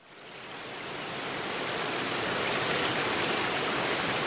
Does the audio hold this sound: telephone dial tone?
no